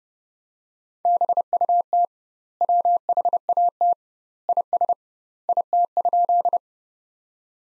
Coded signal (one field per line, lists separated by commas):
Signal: Morse code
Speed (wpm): 30 wpm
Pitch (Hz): 700 Hz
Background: none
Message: BUT WHAT IS IT?